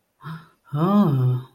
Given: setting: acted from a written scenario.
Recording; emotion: vocal sound without words; awe